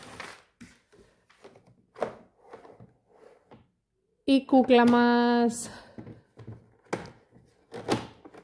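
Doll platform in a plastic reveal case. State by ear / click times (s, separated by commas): not seated / none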